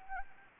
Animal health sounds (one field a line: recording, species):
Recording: mosquito wingbeat signal from an infrared sensor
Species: Anopheles arabiensis